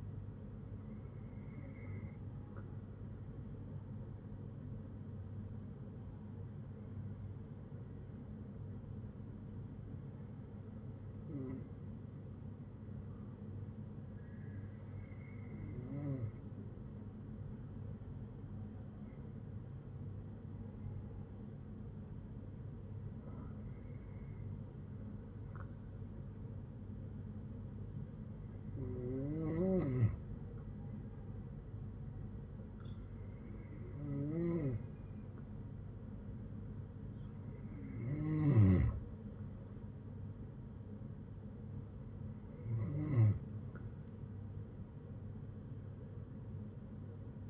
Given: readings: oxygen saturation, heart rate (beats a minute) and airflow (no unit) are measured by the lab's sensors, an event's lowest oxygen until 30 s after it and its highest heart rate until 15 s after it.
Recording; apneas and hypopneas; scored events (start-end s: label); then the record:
breathing in sleep by a smartphone at the bedside; 1
15.00-42.40 s: hypopnea (N2, oxygen 96% highest, then 92% lowest, heart rate 62 at the start, 75 highest)
41.00-47.50 s: new sleep stage, N1 (lightest sleep)
From the record:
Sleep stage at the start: N2 (light sleep); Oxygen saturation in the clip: 93 to 96%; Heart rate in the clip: 58 to 65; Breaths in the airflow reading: 10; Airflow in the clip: -8.8 to 6.6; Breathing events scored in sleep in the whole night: 182 in 7.4 hours asleep